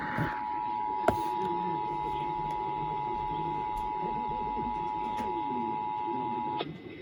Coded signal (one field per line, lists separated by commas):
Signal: Emergency Alert System (SAME) tones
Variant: 853 and 960 Hz attention tone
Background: speech